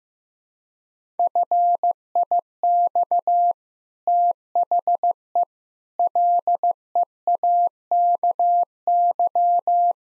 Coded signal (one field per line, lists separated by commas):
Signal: Morse code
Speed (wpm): 15 wpm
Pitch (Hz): 700 Hz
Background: none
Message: FIX THE LEAKY